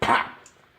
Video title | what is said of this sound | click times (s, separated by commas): Harley needle bearing, pilot bearing, cam bearing removal done cheap. | get scared nothing broke that's the bearing unseating from the case | 0.0 s